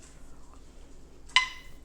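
A metal canning lid on a cooling glass jar, after pressure canning, is pulled down by the vacuum and seals onto the rim. Against a quiet, steady background, the lid gives one sharp, bright metallic pop at 1.4 s with a short ringing tail. The lid has sealed.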